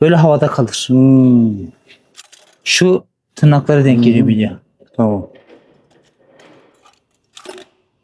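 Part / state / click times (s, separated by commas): clutch release bearing onto its retaining tabs in the dual-clutch transmission / seated / 7.4 s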